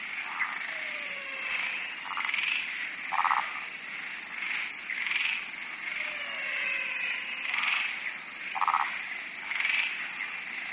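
Multiple frogs give rhythmic rattling croaks and rolling trills in a busy chorus, with a high continuous hiss in the background.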